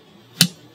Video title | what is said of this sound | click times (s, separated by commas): US Digital's EC35 Optical Commutation Kit Encoder Assembly Instructions | You hear that click. | 0.4 s